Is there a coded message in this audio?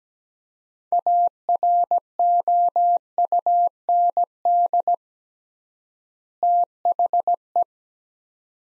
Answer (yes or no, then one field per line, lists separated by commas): yes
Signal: Morse code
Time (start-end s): 0.9-7.6 s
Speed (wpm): 17 wpm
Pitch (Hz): 700 Hz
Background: none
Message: AROUND THE